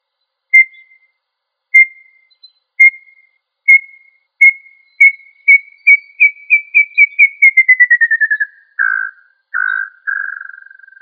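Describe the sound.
Quail giving a series of pure whistled notes that start about a second apart, then speed up and rise slightly, followed by a fast falling run ending in a few longer burry notes.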